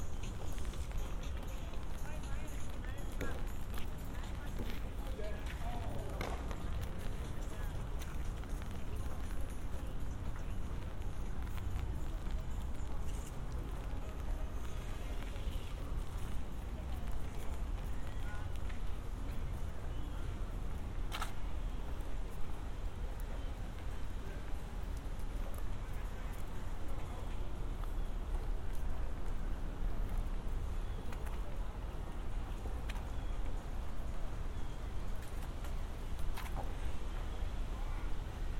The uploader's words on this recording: Walk through Central Park. A walk from east to west across central park around 72nd street.